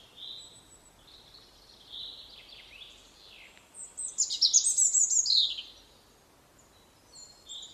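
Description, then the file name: European robin song: thin wavering whistles that build into a rapid, slurred twittering burst, then fall quiet, over steady background noise. "Erithacus rubecula"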